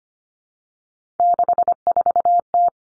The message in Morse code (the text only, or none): 64T